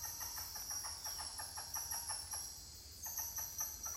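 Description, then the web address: Repeated pulsing titi monkey notes, evenly spaced and fairly quick, pausing briefly before resuming, against a loud continuous insect whine. More than one titi monkey calling. "Titi-monkeys-calling wilderness-songs"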